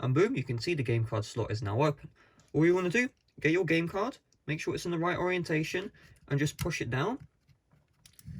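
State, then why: Seated. Someone talks while a plastic Super Mario 3D All-Stars game card is pushed down, in the right orientation, into the open spring-loaded game card slot of a Nintendo Switch handheld console. Two faint clicks are heard at 8.1 s and 8.2 s as the card latches into place. The card is seated and recognized by the console.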